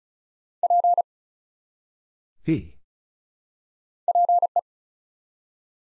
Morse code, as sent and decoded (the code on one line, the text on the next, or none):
.--. / .--. .
P PE